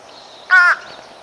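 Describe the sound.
Fish crow giving a single short nasal caw, lasting about a quarter second over quiet background.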